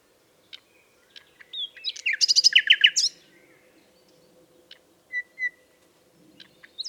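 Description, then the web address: Common nightingale song phrase, a quick run of loud repeated notes about a second long, followed by scattered whistles and ticks. "SETE data Luscinia megarhynchos"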